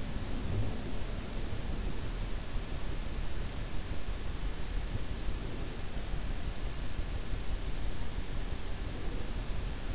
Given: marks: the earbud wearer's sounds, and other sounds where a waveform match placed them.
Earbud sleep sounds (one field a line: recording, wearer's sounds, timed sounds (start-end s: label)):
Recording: sounds in sleep by an in-ear microphone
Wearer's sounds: breath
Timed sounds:
0.00-0.83 s: breath